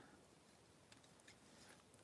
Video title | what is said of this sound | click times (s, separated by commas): Saturday Night Modeling - replay | and there. After all my bitching, that just like snapped right into place. | 1.9 s